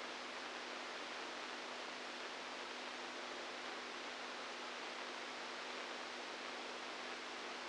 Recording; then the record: brain microelectrode recording played as sound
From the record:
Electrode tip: inside the subthalamic nucleus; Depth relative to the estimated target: -1 mm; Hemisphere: right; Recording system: NeuroSet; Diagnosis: Parkinson's disease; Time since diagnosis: 10 years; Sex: female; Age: 67 years